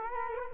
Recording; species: mosquito wingbeat signal from an infrared sensor; Culex quinquefasciatus